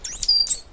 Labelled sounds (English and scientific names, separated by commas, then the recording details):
Stitchbird (Notiomystis cincta) song
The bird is a male
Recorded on Tiritiri Matangi Island, New Zealand, in 2005
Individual 8, of nest box 10